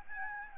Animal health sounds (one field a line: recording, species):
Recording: mosquito wingbeat signal from an infrared sensor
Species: Aedes albopictus